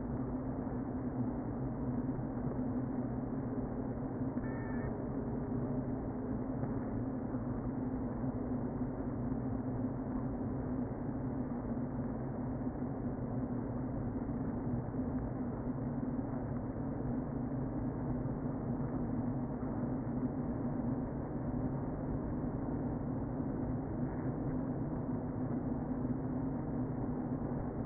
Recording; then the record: honeybee colony, microphone inside the hive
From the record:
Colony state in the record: queen present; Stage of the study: before two queens were removed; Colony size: about 60,000 bees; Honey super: yes